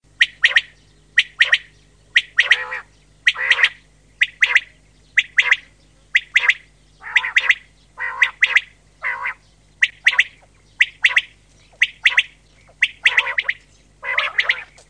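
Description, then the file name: Common quail repeating short, clipped phrases of sharp notes, some with lower, rougher notes. "QUAGLIA"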